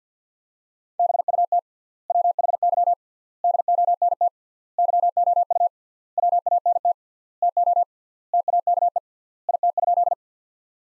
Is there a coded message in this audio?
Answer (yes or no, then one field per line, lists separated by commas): yes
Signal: Morse code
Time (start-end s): 1.0-10.1 s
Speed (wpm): 50 wpm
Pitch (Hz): 700 Hz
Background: none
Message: BUT WHY DONT YOU WANT TO TAKE IT?